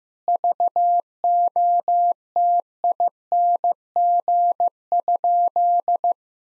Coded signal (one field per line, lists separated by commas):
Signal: Morse code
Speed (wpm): 16 wpm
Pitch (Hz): 700 Hz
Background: none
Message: VOTING?